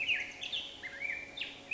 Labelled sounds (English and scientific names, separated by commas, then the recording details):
Black-headed Grosbeak (Pheucticus melanocephalus)
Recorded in Sonoma County, California